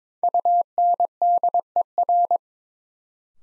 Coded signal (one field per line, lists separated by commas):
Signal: Morse code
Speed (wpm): 22 wpm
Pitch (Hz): 700 Hz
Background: none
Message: UNDER